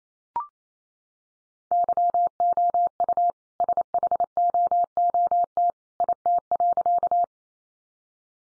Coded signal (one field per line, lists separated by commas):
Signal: Morse code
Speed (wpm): 28 wpm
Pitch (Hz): 700 Hz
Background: none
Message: YOU SHOOT IT.